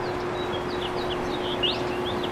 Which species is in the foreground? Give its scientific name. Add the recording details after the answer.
Haemorhous mexicanus. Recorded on Long Island, New York, on 24 April 2012. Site AS. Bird B